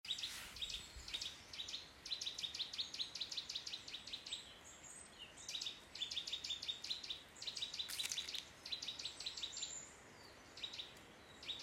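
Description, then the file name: Eurasian nuthatch giving rapid runs of sharp, clipped high notes in repeated bursts, with short pauses between the runs and a steady background hiss. "Sitta europaea"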